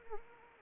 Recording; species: mosquito wingbeat signal from an infrared sensor; Anopheles arabiensis